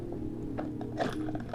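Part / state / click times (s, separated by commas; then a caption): dive knife into its sheath / not seated / none. A diver fumbles a dive knife against its plastic sheath, making several small scraping and tapping sounds, with short taps near 0.1, 0.6, 0.8, 1.3 and 1.4 seconds. The knife does not go home, and nothing has seated or clicked yet, so the diver is left annoyed before a second try.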